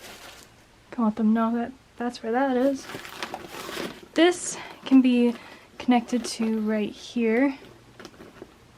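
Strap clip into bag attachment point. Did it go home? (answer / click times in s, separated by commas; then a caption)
yes / 8.0 s, 8.1 s. Someone talks while a detachable strap clip is fastened onto the attachment point of a travel bag. Two quick ticks are heard at 8.0 and 8.1 seconds as the clip snaps into place on both sides, and the strap is seated.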